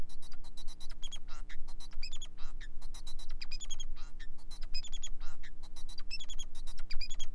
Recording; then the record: song of a male Bengalese finch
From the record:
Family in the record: son of father 4